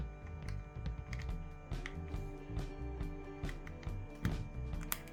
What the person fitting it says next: I press it into place with two fingers, and then it snaps into place.